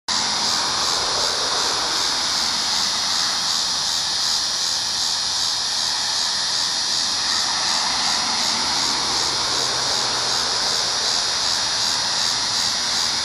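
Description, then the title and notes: Walker's cicada giving a loud, steady, high-pitched buzzing drone with a fine rapid pulsing, unbroken and even in loudness from start to finish. "Walker's Cicada.WMA by Christie Mullen"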